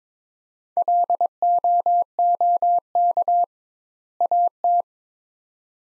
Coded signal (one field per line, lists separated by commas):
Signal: Morse code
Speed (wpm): 22 wpm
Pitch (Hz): 700 Hz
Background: none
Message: LOOK AT